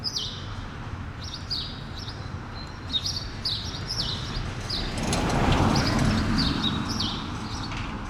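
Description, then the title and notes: Sparrow chirps repeated in quick succession, sharp notes, while a vehicle swells past midway and traffic hums underneath. Several sparrows on Rue Keyenveld, Ixelles, Brussels-Capital, Belgium, a street with cars and people passing by; recorded with Lom Usi Pro microphones into a Zoom F6. "Rue Keyenveld, Ixelles, Bruxelles-Capitale, Belgique - Sparrows - moineaux. cars, people passing by"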